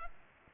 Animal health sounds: mosquito wingbeat signal from an infrared sensor; Culex pipiens

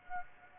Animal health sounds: mosquito wingbeat signal from an infrared sensor; Aedes aegypti

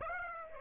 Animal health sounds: mosquito wingbeat signal from an infrared sensor; Aedes aegypti

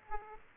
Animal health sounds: mosquito wingbeat signal from an infrared sensor; Aedes aegypti

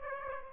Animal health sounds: mosquito wingbeat signal from an infrared sensor; Aedes aegypti

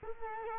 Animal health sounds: mosquito wingbeat signal from an infrared sensor; Culex quinquefasciatus

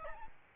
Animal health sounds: mosquito wingbeat signal from an infrared sensor; Aedes albopictus

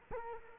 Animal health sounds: mosquito wingbeat signal from an infrared sensor; Culex quinquefasciatus

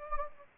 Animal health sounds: mosquito wingbeat signal from an infrared sensor; Anopheles gambiae

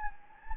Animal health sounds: mosquito wingbeat signal from an infrared sensor; Anopheles gambiae

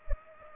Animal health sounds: mosquito wingbeat signal from an infrared sensor; Culex pipiens

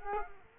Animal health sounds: mosquito wingbeat signal from an infrared sensor; Culex quinquefasciatus

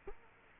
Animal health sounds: mosquito wingbeat signal from an infrared sensor; Culex quinquefasciatus

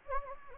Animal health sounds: mosquito wingbeat signal from an infrared sensor; Anopheles gambiae

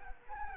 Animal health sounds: mosquito wingbeat signal from an infrared sensor; Anopheles arabiensis

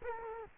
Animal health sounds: mosquito wingbeat signal from an infrared sensor; Culex quinquefasciatus

